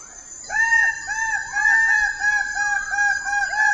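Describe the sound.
Bird-of-paradise calls: loud, nasal, harmonic notes repeated in a steady run, over a constant high insect whine.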